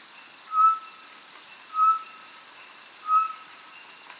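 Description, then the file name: Short-tailed batis giving clear, flat whistled notes, three evenly spaced about every 1.3 seconds. "Batis mixta"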